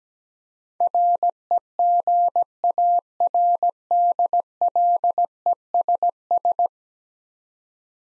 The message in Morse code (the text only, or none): REGARDLESS